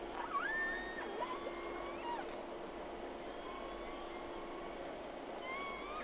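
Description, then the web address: Whale whistles, several clear tonal calls rising and falling, some held level, repeated throughout over a steady low hum. Two whales, 3 October 2006 at 11:30, first recording round. "Sea Snake 10-3-06 Whales X 2 11-30 Round 1"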